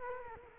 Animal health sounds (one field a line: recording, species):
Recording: mosquito wingbeat signal from an infrared sensor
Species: Culex quinquefasciatus